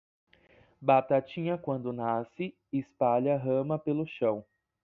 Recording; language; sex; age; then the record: short text; Brazilian Portuguese; male; 20 to 29 years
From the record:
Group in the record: control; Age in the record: 26 years